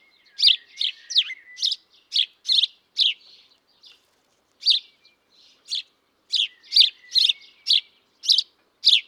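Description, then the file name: House sparrow calls: clusters of loud, clipped chirps broken by a brief silence midway, then resuming in irregular quick runs. "Passer domesticus"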